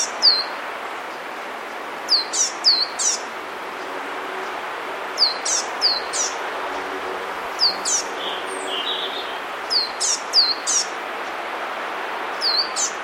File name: Cyanistes caeruleus